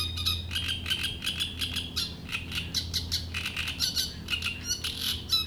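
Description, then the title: Great reed warbler song, harsh grating notes churned out in rapid repeated bursts for the whole stretch, over a steady low hum. Shrill song in a reed bed at Chatillon beach, Chindrieux, France; a migrant from Africa that can sing day and night. "Roselière plage Chatillon, Chindrieux, France - Rousserole turdoïde"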